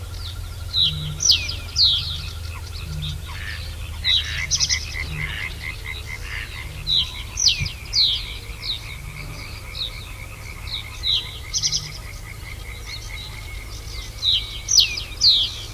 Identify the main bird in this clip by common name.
Reed Bunting